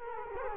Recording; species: mosquito wingbeat signal from an infrared sensor; Culex quinquefasciatus